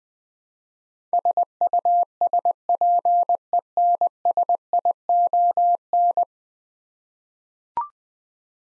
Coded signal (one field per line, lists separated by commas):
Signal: Morse code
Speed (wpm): 20 wpm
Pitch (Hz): 700 Hz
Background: none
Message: SUSPENSION